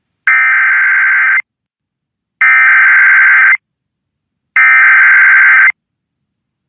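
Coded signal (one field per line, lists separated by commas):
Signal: Emergency Alert System (SAME) tones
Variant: header bursts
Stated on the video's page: Real EAS alerts from a tornado outbreak.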